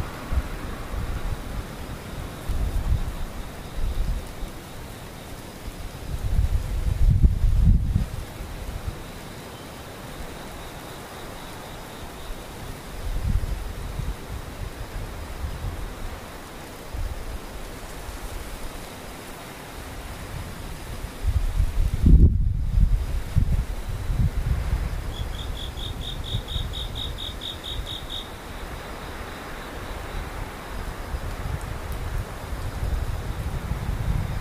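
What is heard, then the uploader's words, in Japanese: Rain falls as a steady, soft hiss, with insects faintly trilling underneath. Low, blustery rumbles swell around seconds 7 and 22. From about 25 to 28 seconds a high, buzzing insect call pulses briefly before the rain carries on alone. 雨ムシセミ無音。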